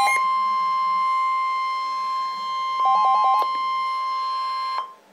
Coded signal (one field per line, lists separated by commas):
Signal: Emergency Alert System (SAME) tones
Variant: 1050 Hz attention tone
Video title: Severe Thunderstorm Warning - EAS #80